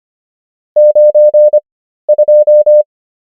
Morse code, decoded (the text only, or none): 92